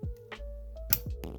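During a cabin air filter replacement on a Tesla Model 3 or Model Y, a wire harness plug is pushed into its mating plastic connector behind an interior panel. It seats with a sharp click at 0.9 s over a low steady hum, with a few fainter ticks after. Someone talks, and the connector is confirmed clicked in.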